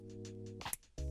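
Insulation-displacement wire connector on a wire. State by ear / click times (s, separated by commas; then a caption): seated / 0.7 s. A plastic insulation-displacement wire tap connector (3M) with a wire inserted, being fitted while installing a Falk E9X oddments tray, is squeezed shut with needle-nose pliers. Over steady background music, it gives a short sharp click at 0.7 s. The connector clicks closed and is seated on the wire.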